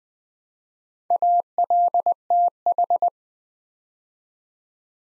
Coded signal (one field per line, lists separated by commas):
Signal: Morse code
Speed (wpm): 20 wpm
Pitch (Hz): 700 Hz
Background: none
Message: ALTH